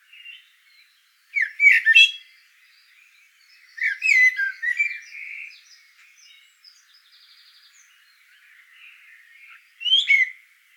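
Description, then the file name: Eurasian blackbird song: three loud warbled phrases with high twittering notes, separated by soft chatter. "Turdus merula"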